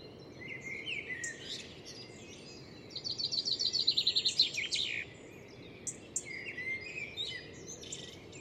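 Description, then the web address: Bird song: scattered high chirps, then a rapid two-second trill of repeated notes, followed again by sparse short calls; a faint background hiss throughout. "Deverinetal. Bird Only"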